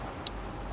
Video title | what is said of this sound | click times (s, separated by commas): zAutomotive TaZer Challenger AV Kit install Uconnect 8.4 | we go and then we do the black connector insert and listen for the click there | 0.3 s